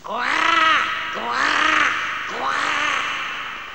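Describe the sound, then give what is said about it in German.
A raven perched on a fir tree in a forest gives three loud, hoarse caws, each drawn out for about a second with a rising-then-falling pitch, spaced evenly with short pauses between them. “Du, Rabe! Weißt du den Weg?”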